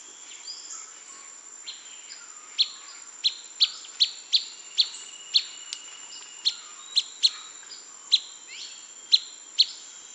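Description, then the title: Blackish pewee: crisp, high chip notes repeated at uneven intervals over a continuous shrill tone. Subspecies canescens, assumed from the recording location. "LuckyPassaro Completos2Sama. Blackish Pewee (Contopus nigrescens canescens (ssp assumed from location))"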